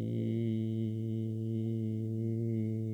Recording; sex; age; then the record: sustained vowel /i/; male; 50 to 59 years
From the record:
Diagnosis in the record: healthy control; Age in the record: 52 years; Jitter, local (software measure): 1.69%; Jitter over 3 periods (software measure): 1.06%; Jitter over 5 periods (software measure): 0.78%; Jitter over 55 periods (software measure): 1.07%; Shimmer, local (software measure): 4.1%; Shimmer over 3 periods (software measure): 2.2%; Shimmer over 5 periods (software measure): 2.3%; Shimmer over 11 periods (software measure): 3.2%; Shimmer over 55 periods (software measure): 7.6%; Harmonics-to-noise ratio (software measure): 20.2 dB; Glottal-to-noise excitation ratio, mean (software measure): 0.91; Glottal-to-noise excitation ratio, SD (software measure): 0.031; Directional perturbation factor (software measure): 73.2%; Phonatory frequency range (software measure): 0.16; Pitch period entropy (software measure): 1.75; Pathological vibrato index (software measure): 0.70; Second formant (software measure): 2762 Hz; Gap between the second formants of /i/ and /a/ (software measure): 1642 Hz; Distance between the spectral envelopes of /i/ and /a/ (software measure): 7.8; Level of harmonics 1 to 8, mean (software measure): -1.7, -4.2, -8.5, -18.2, -28.9, -37.3, -51.2, -70.0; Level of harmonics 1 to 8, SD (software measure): 0.7, 2.1, 2.3, 3.6, 3.9, 5.0, 4.8, 6.4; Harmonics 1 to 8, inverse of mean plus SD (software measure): 0.416, 0.158, 0.092, 0.046, 0.030, 0.024, 0.018, 0.013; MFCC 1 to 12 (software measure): 6.9, 24.3, -3.3, -14.0, -4.1, 1.6, -4.4, 2.7, -2.9, -7.8, 9.3, -6.9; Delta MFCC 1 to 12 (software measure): 0.013, 0.016, 0.004, -0.034, 0.019, 0.016, -0.012, 0.016, -0.015, 0.011, 0.005, -0.003